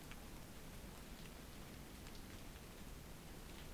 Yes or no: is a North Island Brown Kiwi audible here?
no